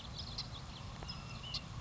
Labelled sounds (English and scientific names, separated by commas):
Ash-throated Flycatcher (Myiarchus cinerascens)